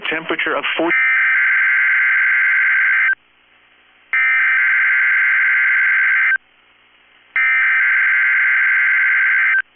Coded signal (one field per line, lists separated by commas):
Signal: Emergency Alert System (SAME) tones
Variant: header bursts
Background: speech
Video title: 10/12/22 - KEC65 Required Weekly Test (EAS #668)